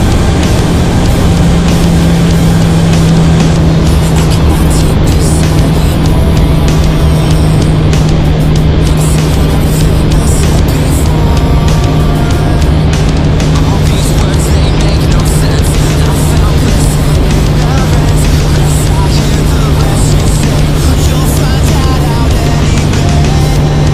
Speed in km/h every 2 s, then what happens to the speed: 180, 171, 164, 163, 161, 160, 160, 159, 158, 155, 155, 154.
0-4 brakes to 164. 4-24 steady at about 159.